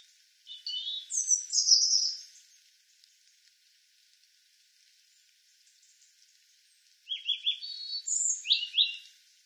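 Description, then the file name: European robin song: two sweet, tumbling phrases of high whistled notes, separated by several seconds of near silence. "Erithacus rubecula"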